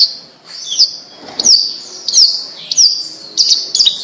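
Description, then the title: Bird song, high whistled and slurred notes in short phrases, with a few sharp clicks between them. "Kicau Burung Yoi"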